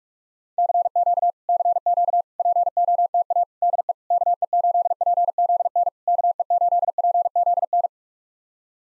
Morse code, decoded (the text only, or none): CQ CQ POTA DE KE8PZN KE8PZN